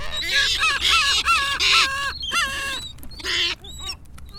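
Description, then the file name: Gulls calling in a busy chorus, repeated harsh harmonic notes from several birds overlapping. "seagulls"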